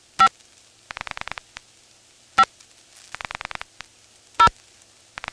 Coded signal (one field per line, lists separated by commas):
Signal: DTMF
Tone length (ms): 70 ms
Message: 5 5 0